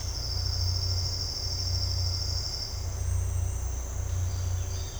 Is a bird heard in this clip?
no